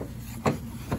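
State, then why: Not seated. A plastic turn signal lens housing is handled as it is pushed back toward its vehicle body clips, with the wires kept clear. Two short dull bumps are heard, near 0.5 s and 0.9 s, over a faint background hiss. Nothing has seated or clicked yet.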